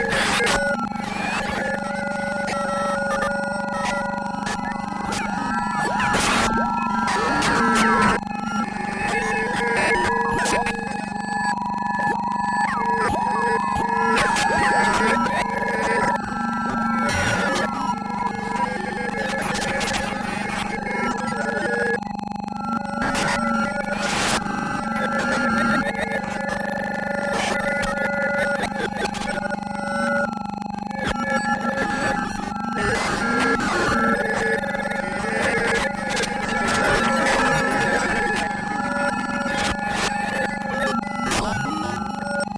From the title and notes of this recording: 16個のサイン波(Max/MSP 16 Sine Wave Random Walk.) クリックのたびに16個のモジュレートされたサイン波が動く.